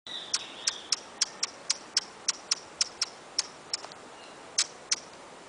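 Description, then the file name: Hummingbird ticking steadily, crisp high chips in quick succession with a brief gap near the end, over faint hiss. "Beija flor"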